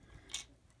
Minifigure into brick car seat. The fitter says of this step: Clicks in there. I realized it didn't click him in there, but normally they click in there really easy except for